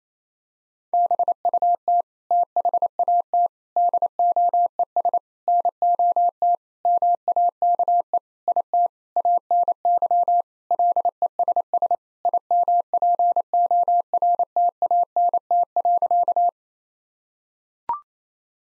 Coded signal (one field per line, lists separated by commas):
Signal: Morse code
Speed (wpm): 28 wpm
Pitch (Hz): 700 Hz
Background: none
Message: BUT THAT DOES NOT MAKE IT ANY LESS IMPORTANT.